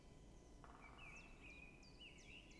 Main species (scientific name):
Dendrocopos major